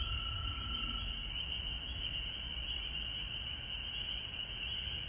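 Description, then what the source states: Frogs calling together in a continuous shrill trill that never pauses, with a faint low rumble and a constant thin hiss. Recorded at home in Georgia on March 19, 2020.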